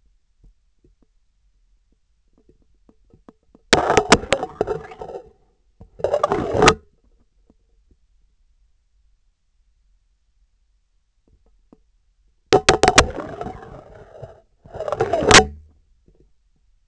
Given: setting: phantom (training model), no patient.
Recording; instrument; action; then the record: laparoscopic instrument, vibration sensor on the handle end; scissors; insertion and removal through the trocar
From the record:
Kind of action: spatial motion